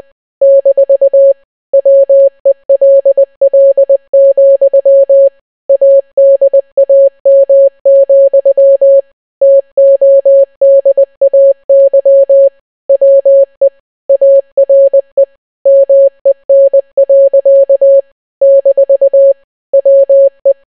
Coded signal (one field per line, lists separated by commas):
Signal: Morse code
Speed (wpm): 20 wpm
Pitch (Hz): 550 Hz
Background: none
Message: - WELL, ADAM, TODAY WE ARE MEN. - WE